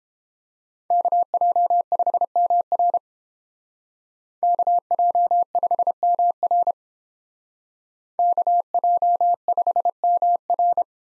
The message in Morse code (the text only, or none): KJ5MR KJ5MR KJ5MR